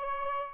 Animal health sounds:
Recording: mosquito wingbeat signal from an infrared sensor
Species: Aedes albopictus

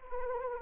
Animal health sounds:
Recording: mosquito wingbeat signal from an infrared sensor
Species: Anopheles arabiensis

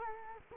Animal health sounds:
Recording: mosquito wingbeat signal from an infrared sensor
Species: Culex quinquefasciatus

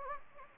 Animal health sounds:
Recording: mosquito wingbeat signal from an infrared sensor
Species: Anopheles gambiae

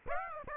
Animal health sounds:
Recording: mosquito wingbeat signal from an infrared sensor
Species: Aedes aegypti

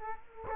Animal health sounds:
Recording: mosquito wingbeat signal from an infrared sensor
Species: Culex quinquefasciatus

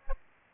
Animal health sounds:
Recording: mosquito wingbeat signal from an infrared sensor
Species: Aedes aegypti

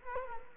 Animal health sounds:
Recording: mosquito wingbeat signal from an infrared sensor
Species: Culex quinquefasciatus

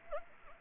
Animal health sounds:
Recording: mosquito wingbeat signal from an infrared sensor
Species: Anopheles arabiensis

